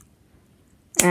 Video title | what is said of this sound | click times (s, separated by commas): Dremel 4000 4/50 unboxing and review + the basics of how to use it -- TLC | will click into place so | 1.0 s